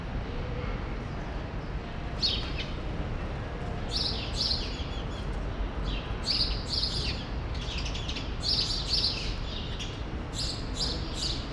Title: Rue Saint-Jean Népomucène 13, 1000 Bruxelles, Belgique - Sparrows - Moineaux